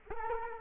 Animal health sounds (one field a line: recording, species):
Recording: mosquito wingbeat signal from an infrared sensor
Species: Culex quinquefasciatus